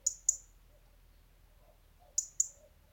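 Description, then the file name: European robin ticking twice in quick succession, falling silent, then repeating another fast double tick. "Erithacus rubecula"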